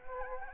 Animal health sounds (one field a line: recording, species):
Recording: mosquito wingbeat signal from an infrared sensor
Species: Anopheles gambiae